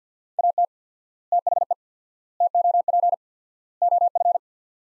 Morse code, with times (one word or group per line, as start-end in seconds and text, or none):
0.4-0.7 AT
1.3-1.7 THE
2.4-3.1 TOP
3.8-4.4 OF